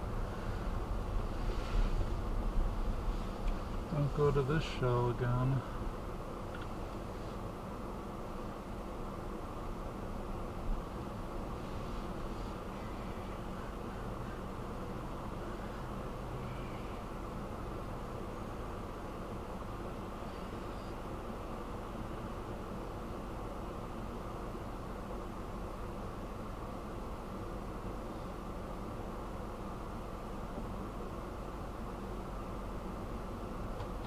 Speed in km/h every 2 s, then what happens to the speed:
6, 0, 0, 0, 0, 0, 0, 0, 0, 0, 0, 0, 0, 0, 0, 0, 0.
2-34 standing.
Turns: none.